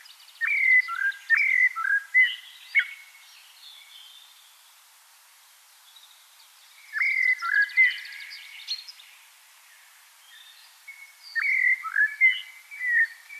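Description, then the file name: Common blackbird singing three mellow, fluted phrases separated by pauses, with thin, high twittering notes. "Turdus merula"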